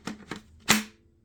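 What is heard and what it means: A plastic blower tube is fitted onto the outlet of a leaf blower. Two small plastic clicks at 0.1 and 0.3 seconds are followed by a louder, sharper snap at 0.7 seconds, when the tube locks into place. It goes on easily.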